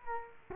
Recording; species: mosquito wingbeat signal from an infrared sensor; Culex quinquefasciatus